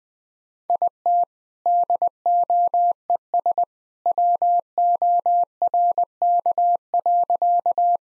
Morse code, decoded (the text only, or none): IT DOES WORK.